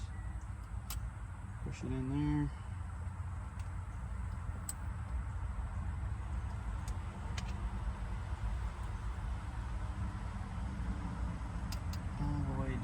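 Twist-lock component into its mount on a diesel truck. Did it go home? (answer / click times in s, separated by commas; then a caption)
no / none. A twist-lock component for a diesel truck upgrade is pushed all the way down into its mount while someone talks over a steady low rumble. A few brief, sharp ticks stand out near 0.9, 4.7, 7.4 and 11.7 seconds. The part has not yet been turned to lock, and nothing has seated or clicked yet.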